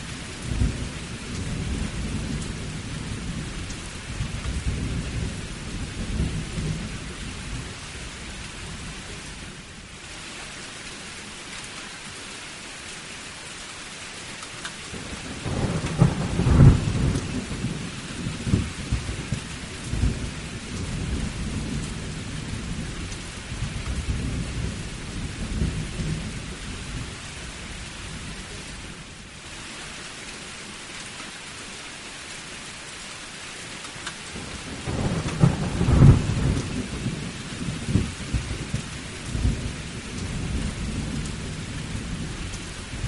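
Steady rain falls throughout, a dense, even hiss over a low rumbling bed. Deep rolls of thunder swell and fade repeatedly, strongest around 16 and 36 seconds, with brief sharper cracks at those peaks, sounding moderately distant.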